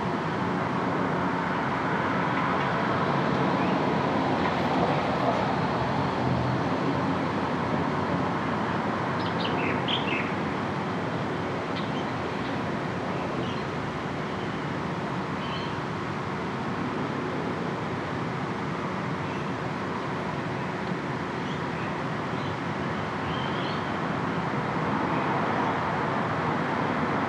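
Sounds of a front yard heard from her front room: a steady, dense rumble of road traffic runs throughout without letting up. A few brief, high chirps, likely birds, break through around ten seconds and again near twenty-four seconds.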